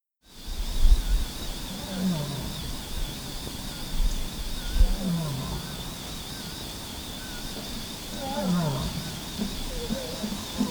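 Lion gives a few low, descending grunts spaced a few seconds apart, against a continuous high whine and some low rumbling.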